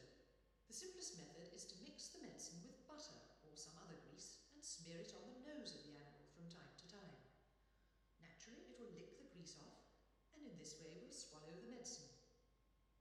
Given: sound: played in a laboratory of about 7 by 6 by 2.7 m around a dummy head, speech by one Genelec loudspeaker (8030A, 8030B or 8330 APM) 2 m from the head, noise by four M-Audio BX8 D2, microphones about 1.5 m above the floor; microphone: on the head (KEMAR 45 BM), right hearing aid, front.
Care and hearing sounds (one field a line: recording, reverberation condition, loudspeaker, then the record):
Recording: female speech in English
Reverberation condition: high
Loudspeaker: 30 degrees to the right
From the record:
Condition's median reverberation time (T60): about 1300 ms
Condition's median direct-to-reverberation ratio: about -4.0 dB